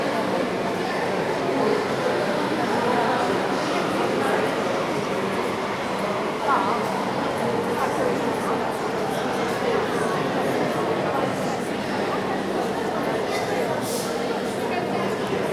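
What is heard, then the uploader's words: A busy shopping mall during the post-Christmas sales, filled with a dense, steady murmur of many overlapping voices. No single conversation stands out; the crowd noise holds at an even level throughout, with brief clinks and footsteps surfacing now and then. City centre shopping mall. The mall is busy with people seeking out bargins in the post-Christmas sales.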